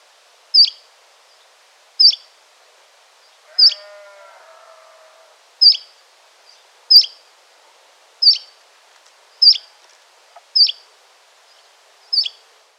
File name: Mosquitero Canario